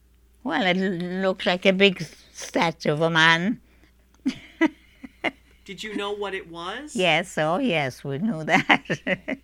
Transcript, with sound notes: Well, it looked like a big statue of a man. ( she laughs )
Did you know what it was?
Yes, oh yes. We knew that.